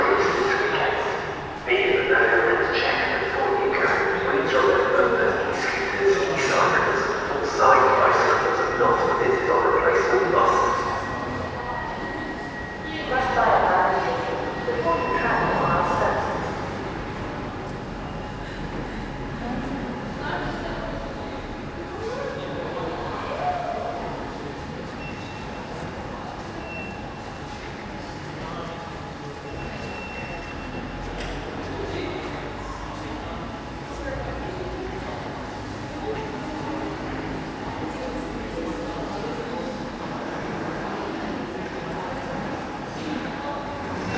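A mostly deserted train station ticket office, with voices talking fairly loudly through the first fifteen seconds or so. After that the talk fades to scattered murmurs over a steady low hum, and a thin held tone runs through most of the clip.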